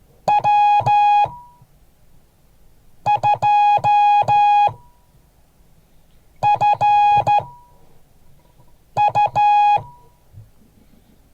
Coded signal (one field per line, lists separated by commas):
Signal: Morse code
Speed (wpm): 14 wpm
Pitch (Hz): 830 Hz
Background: music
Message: W2FU